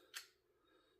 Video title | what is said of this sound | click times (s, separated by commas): SDI FTT 111 Firearms Inspection and Troubleshooting Week 1 Assignment | So now the slides all the way forward. It is now locked back in place. | 0.2 s